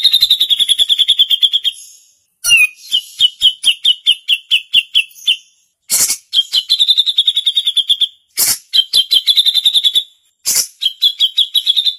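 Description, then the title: Grey-cheeked Bulbul giving fast repeated chattering notes in several runs of one to three seconds each, separated by brief gaps and sharp crackling bursts. Female bird. "Cucak Jenggot Betina"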